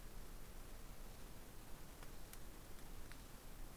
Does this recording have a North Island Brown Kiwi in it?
no